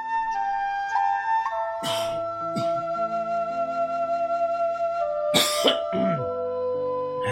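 A few harsh coughs and throat-clearing bursts, a pair early and another pair later, break over a steady bed of sustained musical tones, with no talking.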